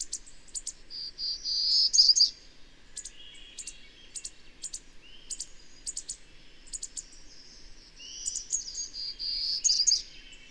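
Birdsong, high thin chirps and short clicking bursts at an uneven rhythm, with a few bright trilled phrases swelling among them.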